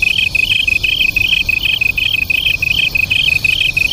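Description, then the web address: Japanese tree cricket duet: a steady trill with slower higher pulses recurring about twice per second above it. Local name kantan; two crickets singing as a duet. "sikioto insect kantanduet"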